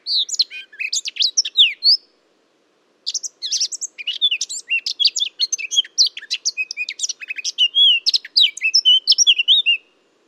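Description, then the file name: Eurasian blackcap song in two parts: a two-second burst of varied warbled notes, a second of quiet, then a long, fast, chattering warble with whistled phrases. "Sylvia atricapilla"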